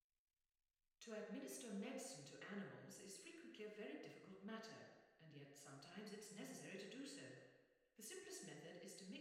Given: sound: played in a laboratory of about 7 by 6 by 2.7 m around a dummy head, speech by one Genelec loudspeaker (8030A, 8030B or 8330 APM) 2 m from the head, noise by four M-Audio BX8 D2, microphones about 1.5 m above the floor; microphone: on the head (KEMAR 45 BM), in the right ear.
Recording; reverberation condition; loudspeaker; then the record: female speech in English; high; in front (0 degrees)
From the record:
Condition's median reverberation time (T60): about 1300 ms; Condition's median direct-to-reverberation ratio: about -4.0 dB